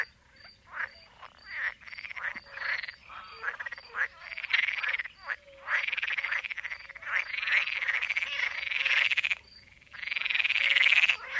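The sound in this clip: Pool frogs croaking in a chorus, first short scattered rattling notes, then longer overlapping pulsed calls building in loudness toward the end.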